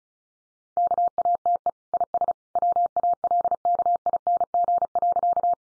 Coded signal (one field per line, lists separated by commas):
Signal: Morse code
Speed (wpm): 34 wpm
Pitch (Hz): 700 Hz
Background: none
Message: KATE IS WALKING.